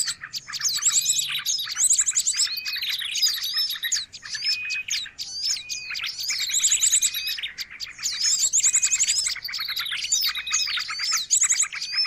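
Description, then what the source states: Birds chattering busily with overlapping whistles, chips and recurring short high rattling trills. Noisy bird chatter used as a lure (pikat) for catching birds.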